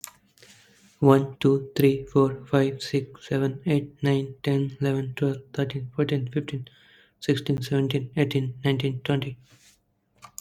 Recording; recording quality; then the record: counting at a fast pace; excellent, no background noise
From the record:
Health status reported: exposed to COVID-19, no respiratory illness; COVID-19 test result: negative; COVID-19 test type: RT-PCR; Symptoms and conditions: cough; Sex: male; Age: 26 years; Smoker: yes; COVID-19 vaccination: both doses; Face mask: not worn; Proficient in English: yes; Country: India